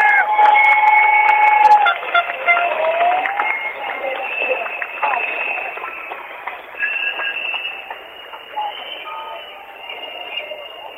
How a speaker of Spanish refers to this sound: Un aplauso para ella, vamos a animarla, que estamos gustando.